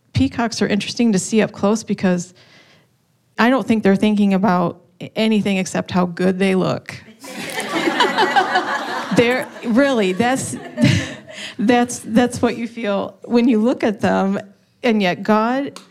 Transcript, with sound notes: peacocks, are interesting to see up close because I don’t think they’re thinking about anything except how good they look. (laughter) Really. That’s what you feel when you look at them. And yet God